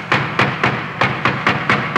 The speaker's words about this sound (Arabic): سمعنا طرقا عنيفا على الباب انخلعت له قلوبنا.